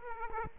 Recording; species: mosquito wingbeat signal from an infrared sensor; Aedes aegypti